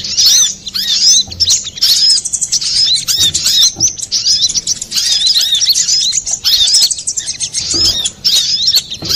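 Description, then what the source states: Little spiderhunter song of piercing, quick chirps and curved whistled notes, delivered in tight bursts separated by very short pauses. Masteran, used for training cage birds.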